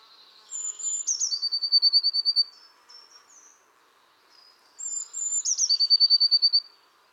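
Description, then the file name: Eurasian blue tit giving two phrases: each a sharp high whistle dropping into a rapid even trill, with soft chips between. "Cyanistes caeruleus"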